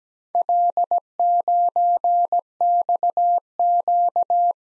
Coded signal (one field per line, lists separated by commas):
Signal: Morse code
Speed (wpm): 18 wpm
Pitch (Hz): 700 Hz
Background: none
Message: L9XQ